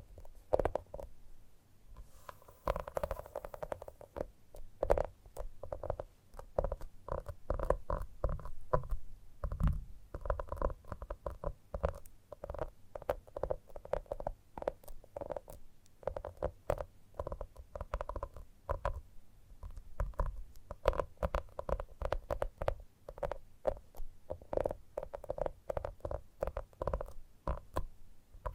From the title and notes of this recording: ASMR Gentle Tapping Tickles Your Brain (No Talking).